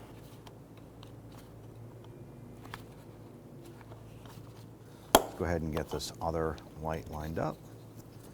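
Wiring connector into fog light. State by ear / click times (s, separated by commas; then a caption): not seated / none. A wiring connector is lined up with the second fog light of a 2004–2009 Dodge Durango, with faint handling ticks over a low background hum. A sharp tap at 5.2 s is followed by someone talking. The connector has not yet seated or clicked into place.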